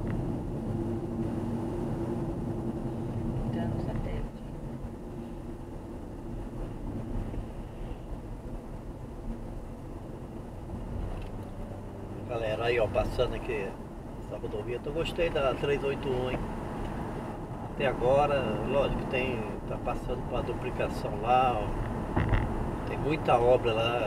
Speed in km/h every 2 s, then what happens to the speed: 48, 51, 51, 50, 53, 58, 62, 63, 62, 61, 62, 64.
0-7 steady at about 50. 7-12 speeds up to 62. 12-19 steady at about 62.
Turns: 13-24.